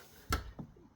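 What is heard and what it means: On a Toyota Prado 120 Series, a plastic trim tool pries the plastic mirror-corner trim panel off the inside of the left front door to replace the side mirror. A sharp, loud click comes at 0.3 s as the retaining clip in the door frame pops out and releases, followed by two fainter ticks. The trim clip is released.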